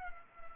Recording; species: mosquito wingbeat signal from an infrared sensor; Culex pipiens